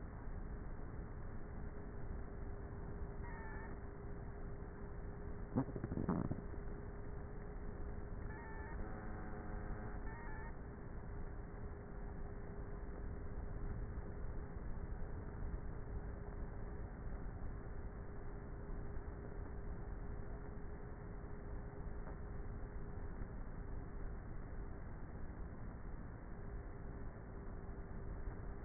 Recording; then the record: honeybee colony, microphone inside the hive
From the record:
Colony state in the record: queenless with a low population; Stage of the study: before two queens were removed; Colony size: about 30,000 bees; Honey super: no